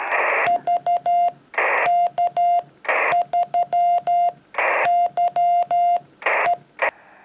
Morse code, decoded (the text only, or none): VK3YE